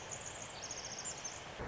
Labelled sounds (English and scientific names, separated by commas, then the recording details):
Pacific Wren (Troglodytes pacificus)
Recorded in Sonoma County, California